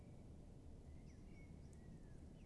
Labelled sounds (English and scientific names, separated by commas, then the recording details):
Common Blackbird (Turdus merula)
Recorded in Germany
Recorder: ecoPi